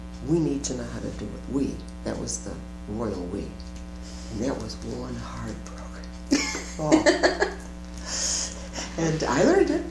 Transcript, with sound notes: We need to know how to do it.” We - that was the royal we. That was one hard program! [laughter] But I learned it!